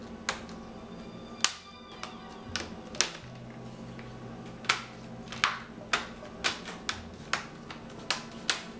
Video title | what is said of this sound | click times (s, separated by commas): Laptop screen replacement How to replace laptop screen HP Pavilion G6 | and this is really it's just a matter of snapping it back in place | 1.4 s, 3.0 s, 4.7 s, 5.4 s, 8.1 s, 8.5 s